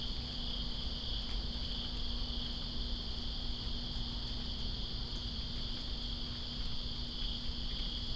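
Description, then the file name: Crickets keep up a continuous shrill trill throughout, layered over the constant patter and rush of falling rain, with a faint low hum. Recorded in Greensboro on September 2, 2017, during rain. "Greensboro Crickets And Rain September 02 2017"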